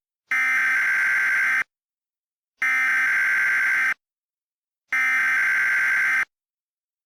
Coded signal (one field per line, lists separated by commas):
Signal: Emergency Alert System (SAME) tones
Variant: header bursts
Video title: EAS Mock 21: Ascension